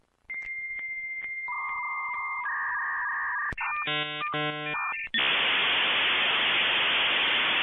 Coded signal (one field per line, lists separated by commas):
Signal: dial-up modem handshake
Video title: mensonge1 du Minitel au covid